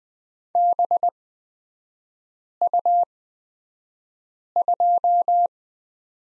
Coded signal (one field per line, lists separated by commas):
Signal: Morse code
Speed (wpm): 20 wpm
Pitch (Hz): 700 Hz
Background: none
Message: BU2